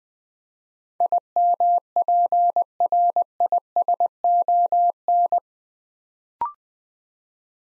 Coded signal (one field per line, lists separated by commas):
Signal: Morse code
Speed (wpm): 20 wpm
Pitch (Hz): 700 Hz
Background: none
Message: IMPRISON